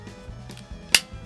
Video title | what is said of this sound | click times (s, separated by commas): The REVERSE EAGLE'S CLAW Survival Knife - Unboxing & First Impressions | I like how that just snaps right in. | 0.9 s